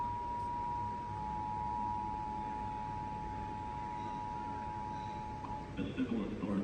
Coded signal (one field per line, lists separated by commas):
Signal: Emergency Alert System (SAME) tones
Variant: 853 and 960 Hz attention tone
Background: speech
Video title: EAS Texas AMBER Alert on CAP and NOAA Weather Radio